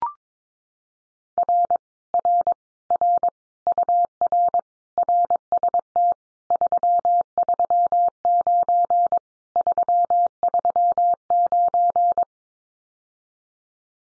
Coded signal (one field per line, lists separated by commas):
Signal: Morse code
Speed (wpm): 22 wpm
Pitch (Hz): 700 Hz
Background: none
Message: R R R UR RST 339 339